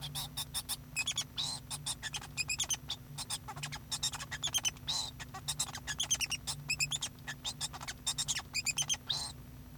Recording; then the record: song of a male Bengalese finch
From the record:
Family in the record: son of father 2